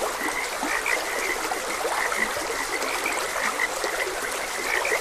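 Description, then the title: Frogs croaking rapidly in a lively chorus of clipped notes above the steady rush of stream water. Frogs croaking beside a gentle stream. "Gentle Stream and Frogs Croaking"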